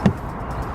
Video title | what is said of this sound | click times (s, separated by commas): AUTOBEAM PERFORMANCE BRAKE LED INSTALL! - FOCUS RS | it a little push that clicks into place | 0.1 s